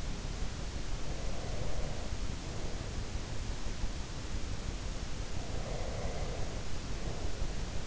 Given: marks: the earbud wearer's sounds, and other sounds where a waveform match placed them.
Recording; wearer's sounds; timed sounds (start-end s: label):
sounds in sleep by an in-ear microphone; breath
0.99-2.73 s: breath
5.42-7.29 s: breath